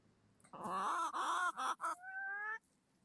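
Chicken giving a harsh, drawn-out squawk in two or three pulses, followed by a clearer, rising tonal call lasting about half a second.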